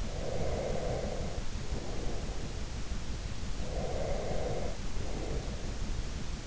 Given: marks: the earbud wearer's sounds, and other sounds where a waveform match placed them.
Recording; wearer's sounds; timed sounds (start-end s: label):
sounds in sleep by an in-ear microphone; breath
0.00-2.50 s: breath
3.58-5.81 s: breath